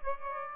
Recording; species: mosquito wingbeat signal from an infrared sensor; Aedes aegypti